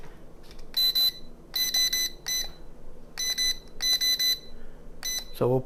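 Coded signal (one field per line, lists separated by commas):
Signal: none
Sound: drone controller beeps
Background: speech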